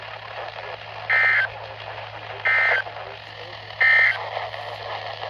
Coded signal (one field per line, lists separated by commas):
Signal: Emergency Alert System (SAME) tones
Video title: KHB38 JOINS THE PARTY! RWTs 10/25/23 (EAS #869 - 873) 500th video!!